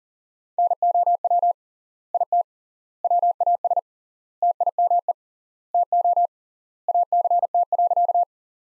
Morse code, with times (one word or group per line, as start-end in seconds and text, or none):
0.6-1.5 NOW
2.1-2.4 IT
3.0-3.8 WAS
4.4-5.1 TIME
5.7-6.3 TO
6.9-8.2 ACT.